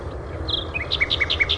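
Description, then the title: Bird notes: a short whistle followed by a rapid run of paired, clipped chirps repeated several times. "LuckyPassaro Completos2Sama"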